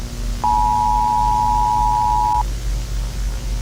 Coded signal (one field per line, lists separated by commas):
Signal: Emergency Alert System (SAME) tones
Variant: 853 and 960 Hz attention tone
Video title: RoTV 1 UK - EAS - The Sea Closing In